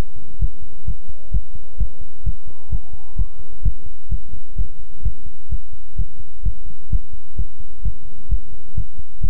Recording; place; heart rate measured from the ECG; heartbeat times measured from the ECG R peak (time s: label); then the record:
heart sounds by stethoscope; between the tricuspid and mitral areas; 129 bpm
0.39 s: heartbeat
0.85 s: heartbeat
1.31 s: heartbeat
1.78 s: heartbeat
2.24 s: heartbeat
2.70 s: heartbeat
3.16 s: heartbeat
3.63 s: heartbeat
4.09 s: heartbeat
4.56 s: heartbeat
5.03 s: heartbeat
5.49 s: heartbeat
5.96 s: heartbeat
6.43 s: heartbeat
6.90 s: heartbeat
7.36 s: heartbeat
7.83 s: heartbeat
8.29 s: heartbeat
8.75 s: heartbeat
9.21 s: heartbeat
From the record:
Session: pedaling a stationary bicycle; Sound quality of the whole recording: good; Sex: male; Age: 24 years